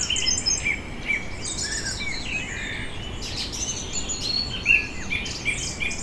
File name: tom chapman nature vineyard ambience summer evening birds distant traffic germany